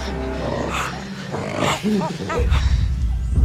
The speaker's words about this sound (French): Tu crois qu'ils te comprennent peut-être ? C'est que des singes, je sais pas si tu te rends compte. Que des singes, vraiment, tu crois ?